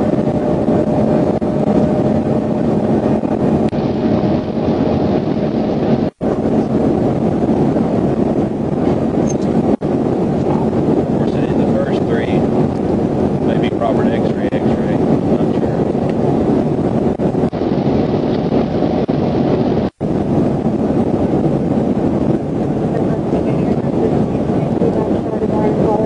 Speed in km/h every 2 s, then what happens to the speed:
188, 190, 192, 195, 196, 198, 201, 201, 201, 201, 203, 203, 203.
0-26 steady at about 201.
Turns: none.